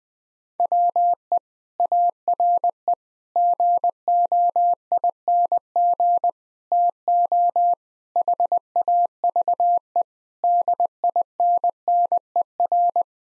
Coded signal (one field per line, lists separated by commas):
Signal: Morse code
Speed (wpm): 20 wpm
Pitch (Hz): 700 Hz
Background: none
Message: WE ARE GOING TO HAVE DINNER